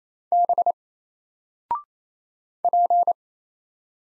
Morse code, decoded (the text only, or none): B P